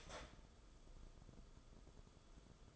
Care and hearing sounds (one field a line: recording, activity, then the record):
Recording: daily activity, microphone in the room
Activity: start toaster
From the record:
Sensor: 5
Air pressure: 994.6 hPa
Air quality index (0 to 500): 185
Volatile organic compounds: 1000 ppm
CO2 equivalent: 5419 ppm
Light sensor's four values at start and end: 43/132/52/57 and 43/132/52/57